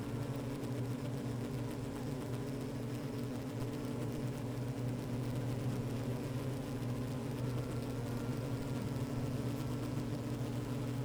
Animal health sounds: honeybee colony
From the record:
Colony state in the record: active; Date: 28 July 2017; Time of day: 15:39

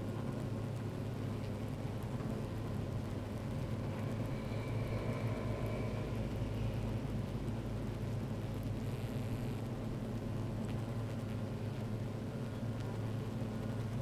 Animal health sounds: honeybee colony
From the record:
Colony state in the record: active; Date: 28 July 2017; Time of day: 12:37

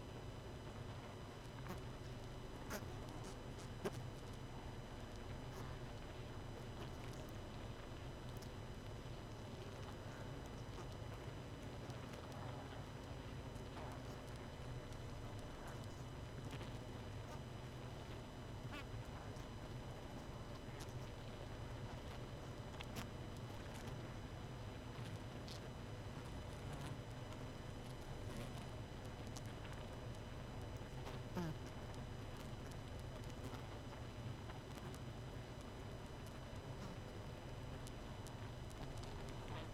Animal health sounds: honeybee colony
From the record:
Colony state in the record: missing queen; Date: 31 May 2018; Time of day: 21:56

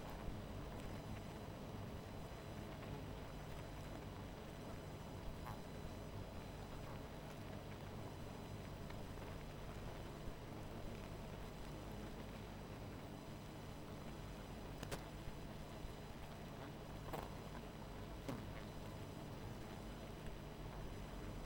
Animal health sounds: honeybee colony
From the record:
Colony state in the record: missing queen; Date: 14 July 2017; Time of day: 19:19

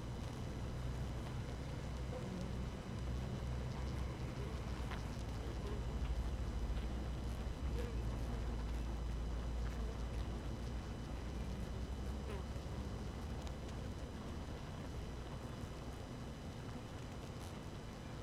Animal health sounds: honeybee colony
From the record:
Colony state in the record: active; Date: 12 June 2018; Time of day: 4:58

